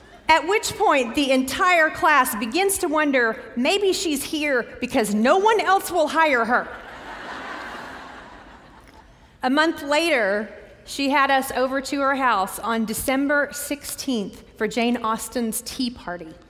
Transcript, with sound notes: At which point the entire class begins to wonder, "Maybe she's here because no one else will hire her!" [laughter] A month later, she had us over to her house on December 16 for Jane Austen's tea party.